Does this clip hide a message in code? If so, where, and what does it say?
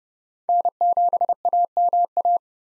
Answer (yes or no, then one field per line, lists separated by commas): yes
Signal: Morse code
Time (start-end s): 0.5-2.4 s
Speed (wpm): 31 wpm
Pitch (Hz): 700 Hz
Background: none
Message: N7AMA